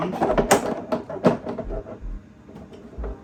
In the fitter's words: snaps into place as you can see this thing is not